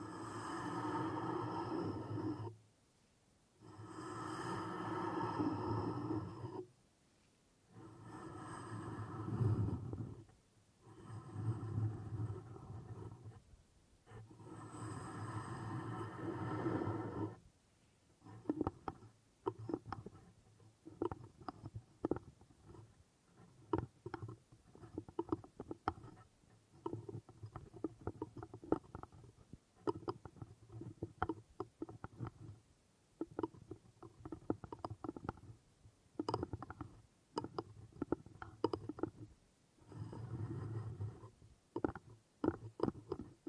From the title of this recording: Wood Triggers